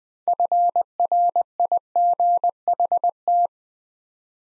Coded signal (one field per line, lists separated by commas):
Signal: Morse code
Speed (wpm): 20 wpm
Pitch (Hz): 700 Hz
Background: none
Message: FRIGHT